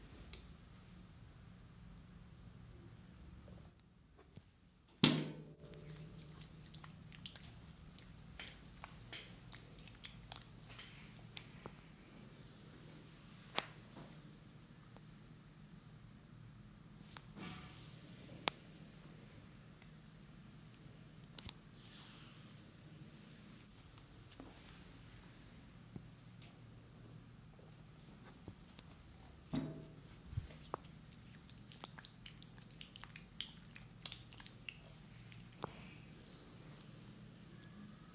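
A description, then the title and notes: A head, neck, back and facial massage, heard as soft, steady rubbing with a low hum underneath throughout. Sharp little taps and clicks break through every second or two, and a louder knock lands near five seconds. ASMR Sleep Therapy - Amazing ASMR head, neck, back and facial massage for deep sleep.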